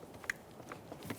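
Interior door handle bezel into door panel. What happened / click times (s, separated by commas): Trim piece being handled; a sharp tick at 0.3 s could be mistaken for a snap / none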